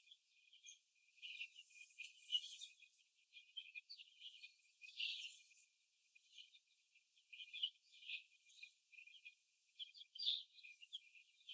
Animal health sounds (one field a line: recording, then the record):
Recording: young laying hens in a cage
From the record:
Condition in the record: after the stressor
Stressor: simulated dog barking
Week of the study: 2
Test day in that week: 2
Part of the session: 3